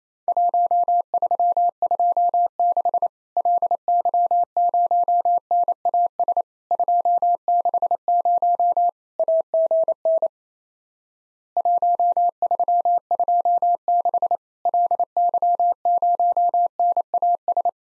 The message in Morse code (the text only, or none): 1326 LY0NAS 260 AGN 1326 LY0NAS